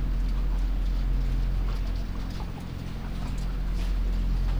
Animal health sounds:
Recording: poultry house recording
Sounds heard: sick chickens (respiratory disease)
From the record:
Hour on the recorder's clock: 3

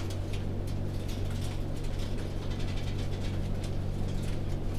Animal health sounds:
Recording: poultry house recording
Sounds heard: no chicken sound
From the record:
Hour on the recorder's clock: 22

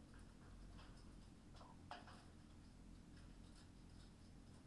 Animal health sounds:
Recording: poultry house recording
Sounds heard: healthy chickens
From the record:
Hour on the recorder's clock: 19

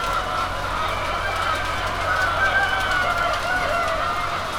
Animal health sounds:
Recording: poultry house recording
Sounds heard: healthy chickens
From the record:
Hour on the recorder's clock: 0

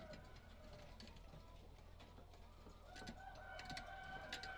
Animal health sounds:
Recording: poultry house recording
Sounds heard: healthy chickens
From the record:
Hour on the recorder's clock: 18

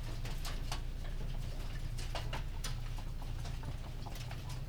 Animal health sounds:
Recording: poultry house recording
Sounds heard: healthy chickens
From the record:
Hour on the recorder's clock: 19

